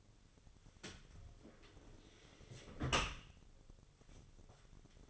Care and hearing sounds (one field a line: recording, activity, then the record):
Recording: daily activity, microphone in the room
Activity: close dishwasher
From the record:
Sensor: 4